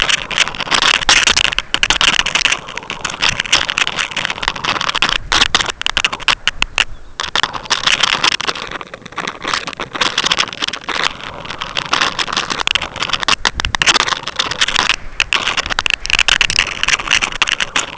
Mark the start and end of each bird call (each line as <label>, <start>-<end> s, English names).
Lapland Longspur, 6.87-7.16 s